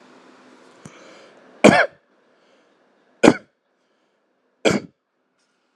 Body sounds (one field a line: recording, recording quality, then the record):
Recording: heavy voluntary cough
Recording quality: excellent, no background noise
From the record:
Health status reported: healthy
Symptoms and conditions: none ticked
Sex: male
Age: 47 years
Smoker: yes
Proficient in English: yes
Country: India